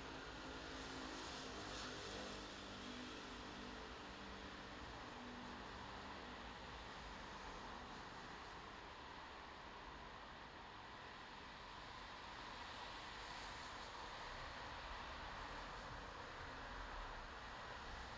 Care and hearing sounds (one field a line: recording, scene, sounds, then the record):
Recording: everyday scene through a hearing-aid microphone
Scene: in traffic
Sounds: traffic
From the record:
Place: bus stop on a city main road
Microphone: in the ear canal, left